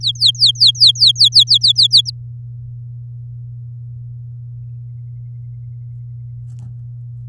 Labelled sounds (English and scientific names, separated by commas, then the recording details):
Domestic Canary (Serinus canaria) song
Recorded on 8 May 2018 at 10:29
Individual llb16